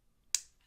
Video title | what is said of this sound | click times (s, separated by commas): DJI Avata Unboxing - Pro View Combo | yep just like that you can hear a click | 0.3 s